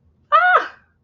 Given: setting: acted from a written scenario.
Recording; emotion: vocal sound without words; fear